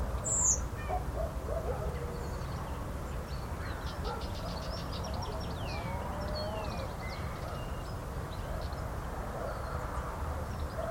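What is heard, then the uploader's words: Birds call over a steady low rush of wind in a natural area in central Portugal. A sharp high chirp opens the first second, then scattered thin trills, whistles and short rising calls come and go through the middle, while the wind stays even throughout. Recorded by Luís Antero. Nature sounds from a natural classified area in central Portugal. Birds, wind, tranquility.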